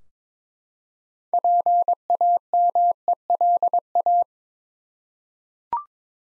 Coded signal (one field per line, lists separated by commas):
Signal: Morse code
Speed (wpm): 22 wpm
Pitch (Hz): 700 Hz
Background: none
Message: PAMELA